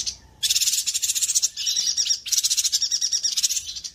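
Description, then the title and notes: Streaked spiderhunter song: two long bursts of harsh, buzzy, rapid chattering at high pitch, after a short quiet opening. Master song for training birds; bird singing vigorously (gacor), clear and long. "Pijantung Gunung Gacor Jernih Panjang. Masteran burung"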